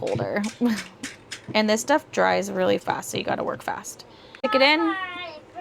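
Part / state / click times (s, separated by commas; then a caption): 3D-printed plastic figure piece into the figure body / not seated / none. A 3D-printed plastic piece of a Labubu figure, coated in quick-drying glue, is handled by hand and brought toward its socket in the figure body. Someone talks throughout, and a child's voice is heard near the end. Nothing has seated or clicked yet.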